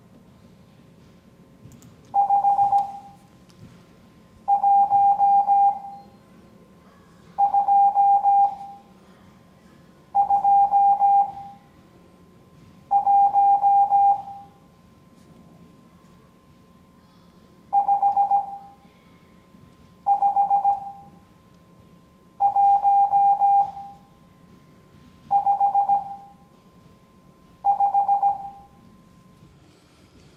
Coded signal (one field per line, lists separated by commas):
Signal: Morse code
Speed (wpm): 16 wpm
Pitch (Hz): 800 Hz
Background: none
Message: 51221 55155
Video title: Morse Code Class 03